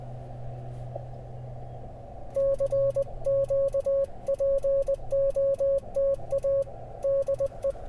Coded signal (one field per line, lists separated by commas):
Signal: Morse code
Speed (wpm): 21 wpm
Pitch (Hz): 550 Hz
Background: none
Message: CQPOTA DE